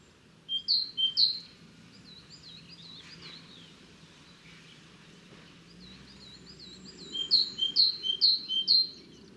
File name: Parus major